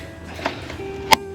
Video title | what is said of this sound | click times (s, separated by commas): 2025 Honda Civic 2 0 Engine & Cabin Air Filter Replacement EASY DIY | Two clicks. And that is secure. | 0.5 s